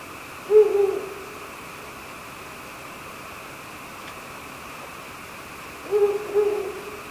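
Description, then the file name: Owl hooting, two short low hoot phrases about five seconds apart, each a quick cluster of notes, over steady background hiss. "fukuro"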